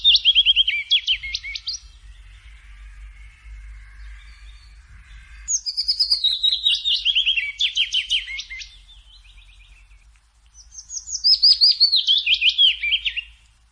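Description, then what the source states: Willow warbler song: three soft, descending whistled phrases, each sliding down the scale and fading, separated by pauses; faint low hum underneath. Singing in a forest.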